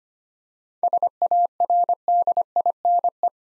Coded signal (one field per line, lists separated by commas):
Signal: Morse code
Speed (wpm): 25 wpm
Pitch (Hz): 700 Hz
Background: none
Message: SARDINE